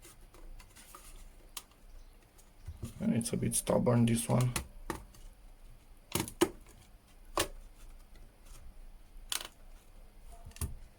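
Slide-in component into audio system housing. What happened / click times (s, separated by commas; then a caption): The slide-in part is being pushed but has not yet seated / none. A slide-in component of a Watson 5.1 audio system is being pushed into its slot in the housing, a stubborn fit that takes several pushes, while someone talks. Scraping, rustling handling noise is punctuated by sharp knocks and taps. The part has not locked into place yet; nothing has seated or clicked by the end of the clip.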